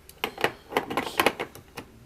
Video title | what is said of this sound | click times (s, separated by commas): Reloading 38 Special on a Lee Single Stage Press | drop them in till it clicks | 0.2 s